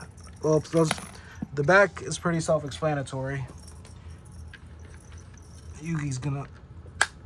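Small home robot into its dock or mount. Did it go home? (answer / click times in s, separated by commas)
yes / 7.0 s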